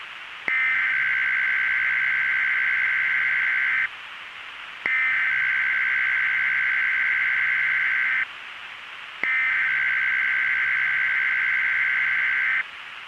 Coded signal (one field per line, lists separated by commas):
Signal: Emergency Alert System (SAME) tones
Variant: header bursts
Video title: Black Hole - An EAS Scenario (Remastered)